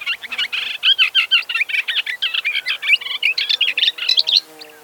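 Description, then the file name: Booted warbler song, a fast continuous babble of scratchy, twittering notes delivered in one unbroken phrase of around four seconds, then silence. "bormotushka"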